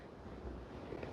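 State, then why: Seated. The backrest of a Pride power lift recliner is slid down onto the metal mounting prongs of the seat base over a steady low rumble. A short click at 1.0 s marks it locking into place, showing the back is fully on.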